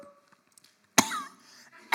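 A single sharp, harsh cough-like burst after silence: an adult imitating the sound a scuba diver makes underwater, breathing through the mouthpiece, when running low on oxygen.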